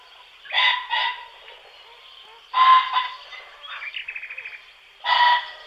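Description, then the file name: Common pheasant giving harsh, honking two-part crows three times, each a loud grating burst; between them a quick run of short repeated notes rattles briefly. "bažant-obecný"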